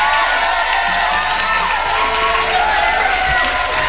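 A large audience cheers and claps loudly and continuously to welcome an 18-year-old footballer guest, a dense roar of clapping broken by high whoops and shouts throughout.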